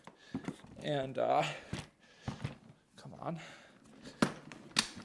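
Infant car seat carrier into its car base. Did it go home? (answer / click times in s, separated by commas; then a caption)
yes / 4.2 s, 4.8 s. An infant car seat carrier is lowered onto its car base while someone talks. It latches with sharp clicks at about 4.2 s and 4.8 s and is seated.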